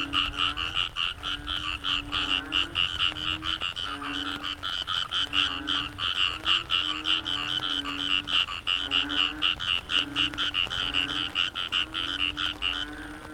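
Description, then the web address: Loud frog chorus: rapid rhythmic high pulses throb continuously while low moaning croaks recur about every second. Frogs in the Cherating wetlands, Malaysia. "yamaha frogs cherating wetlands. malaysia"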